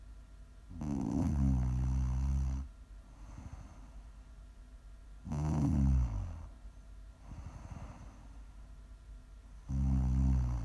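Three loud, low, rattling snores on the in-breath, roughly every four to five seconds (about 13 a minute), with a softer, airy breath out between them. This is ordinary ASMR snoring during sleep from a vibrating soft palate.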